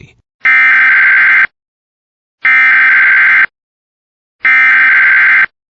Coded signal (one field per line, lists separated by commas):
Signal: Emergency Alert System (SAME) tones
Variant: header bursts